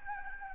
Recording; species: mosquito wingbeat signal from an infrared sensor; Anopheles gambiae